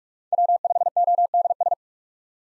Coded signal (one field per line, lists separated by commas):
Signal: Morse code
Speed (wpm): 47 wpm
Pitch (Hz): 700 Hz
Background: none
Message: W5ODS